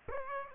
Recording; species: mosquito wingbeat signal from an infrared sensor; Aedes aegypti